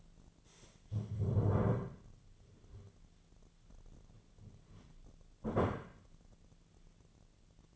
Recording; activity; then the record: daily activity, microphone in the room; stand up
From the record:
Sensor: 4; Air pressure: 1008.9 hPa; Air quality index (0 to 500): 171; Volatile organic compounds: 5 ppm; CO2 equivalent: 1716 ppm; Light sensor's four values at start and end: 23/73/28/27 and 23/73/28/27